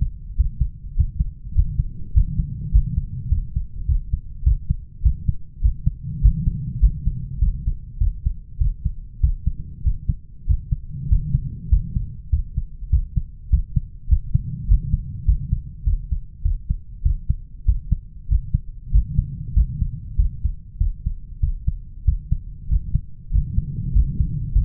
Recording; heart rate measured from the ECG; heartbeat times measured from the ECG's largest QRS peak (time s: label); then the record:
heart sounds by stethoscope; 99 bpm
0.39 s: heartbeat
0.99 s: heartbeat
1.57 s: heartbeat
2.16 s: heartbeat
2.74 s: heartbeat
3.32 s: heartbeat
3.89 s: heartbeat
4.46 s: heartbeat
5.05 s: heartbeat
5.64 s: heartbeat
6.24 s: heartbeat
6.82 s: heartbeat
7.42 s: heartbeat
8.01 s: heartbeat
8.61 s: heartbeat
9.23 s: heartbeat
9.86 s: heartbeat
10.49 s: heartbeat
11.11 s: heartbeat
11.72 s: heartbeat
12.33 s: heartbeat
12.92 s: heartbeat
13.52 s: heartbeat
14.11 s: heartbeat
14.70 s: heartbeat
15.28 s: heartbeat
15.86 s: heartbeat
16.45 s: heartbeat
17.05 s: heartbeat
17.68 s: heartbeat
18.30 s: heartbeat
18.94 s: heartbeat
19.56 s: heartbeat
20.19 s: heartbeat
20.80 s: heartbeat
21.42 s: heartbeat
22.07 s: heartbeat
22.71 s: heartbeat
23.33 s: heartbeat
23.95 s: heartbeat
24.55 s: heartbeat
From the record:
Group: healthy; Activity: rest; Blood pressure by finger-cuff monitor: 149/80 mmHg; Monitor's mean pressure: 103 mmHg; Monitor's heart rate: 97 bpm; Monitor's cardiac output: 8.4 L/min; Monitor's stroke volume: 86 mL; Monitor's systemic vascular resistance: 930 dyn s/cm5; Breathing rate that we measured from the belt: 14 breaths a minute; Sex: male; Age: 21 years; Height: 175 cm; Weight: 72.6 kg